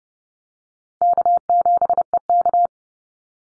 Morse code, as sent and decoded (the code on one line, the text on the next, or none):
-.- --... . -.-
K7EK